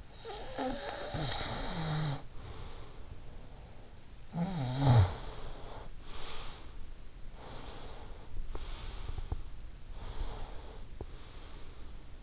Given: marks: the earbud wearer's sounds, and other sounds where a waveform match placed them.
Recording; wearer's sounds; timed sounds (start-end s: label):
sounds in sleep by an in-ear microphone; snoring breath, breath, teeth grinding
0.00-3.59 s: snoring breath
4.11-6.78 s: snoring breath
7.36-9.51 s: breath
8.40-11.17 s: teeth grinding
9.99-12.23 s: breath